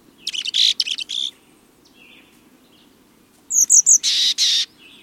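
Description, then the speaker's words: Mexican chickadee calls: a run of short high notes and rough buzzy notes, then after a pause a few clear high whistled chips and two longer husky buzzes, over low background hum. Species just reaches into the mountains of southeast Arizona. "Mexican chickadee just nudges into the mountains of southeast Arizona."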